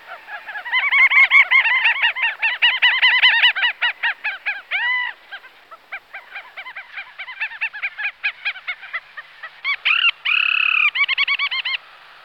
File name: Alkoun maly Alle alle